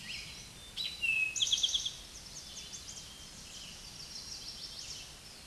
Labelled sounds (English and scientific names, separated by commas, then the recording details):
Eastern Towhee (Pipilo erythrophthalmus) song
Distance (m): 15 m
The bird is about level with the microphone
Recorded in a Pennsylvania forest on 16 May 2024 at 09:33
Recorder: AudioMoth, point MSD-2166
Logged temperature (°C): 16.3 °C
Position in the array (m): 95 m, -2 m